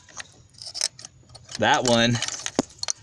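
On a 2000/01 Lincoln LS, an engine-bay electrical connector for a coil or sensor plug, whose locking snap clip is missing, is pushed on and worked by hand while someone talks. Only faint, light ticks and taps are heard, with no latch click. The connector does not lock, and nothing has seated or clicked.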